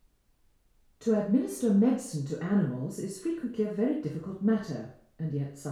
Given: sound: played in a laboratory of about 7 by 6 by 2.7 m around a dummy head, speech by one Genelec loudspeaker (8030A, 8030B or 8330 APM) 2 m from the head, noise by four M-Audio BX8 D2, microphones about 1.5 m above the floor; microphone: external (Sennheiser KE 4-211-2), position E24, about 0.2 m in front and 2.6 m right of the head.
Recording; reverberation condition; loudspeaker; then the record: female speech in English; medium; 90 degrees to the right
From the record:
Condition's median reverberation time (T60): about 510 ms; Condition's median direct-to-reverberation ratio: about -0.5 dB